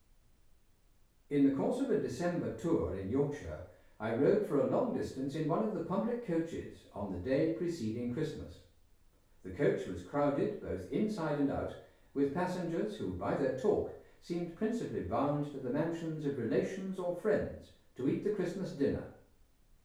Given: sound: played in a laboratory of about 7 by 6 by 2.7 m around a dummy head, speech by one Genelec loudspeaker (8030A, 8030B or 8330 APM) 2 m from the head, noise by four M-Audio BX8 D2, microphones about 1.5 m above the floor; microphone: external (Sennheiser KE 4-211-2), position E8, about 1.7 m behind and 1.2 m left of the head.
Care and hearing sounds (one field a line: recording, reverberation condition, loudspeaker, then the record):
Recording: male speech in English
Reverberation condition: medium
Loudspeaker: 150 degrees to the right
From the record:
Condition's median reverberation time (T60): about 510 ms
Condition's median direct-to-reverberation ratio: about -0.5 dB